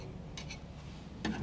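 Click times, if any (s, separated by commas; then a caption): none. A plastic filter cover is handled against its housing in a compact Mercedes during a Service A. Light scraping and tapping come at about 0.4–0.5 s, then a louder rustle of handling from about 1.2 s to the end over a low steady hum. Nothing has seated or clicked yet.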